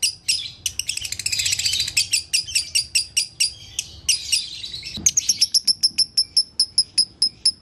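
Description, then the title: Lovebird chattering song: a jumble of dense, shrill twittering followed by cleaner, evenly spaced high chirps. Lovebird tutor recording in the konslet song style, used to train other lovebirds. "Masteran Lovebird Konslet"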